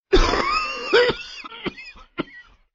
Man Cough.